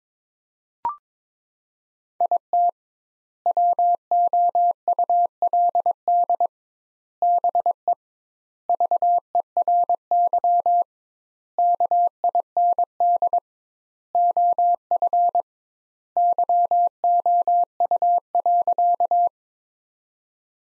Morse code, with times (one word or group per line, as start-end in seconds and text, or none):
2.2-2.7 IT
3.5-6.5 WOULD
7.2-7.9 BE
8.7-10.8 VERY
11.6-13.4 KIND
14.1-15.4 OF
16.2-19.3 YOU.